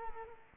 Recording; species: mosquito wingbeat signal from an infrared sensor; Culex quinquefasciatus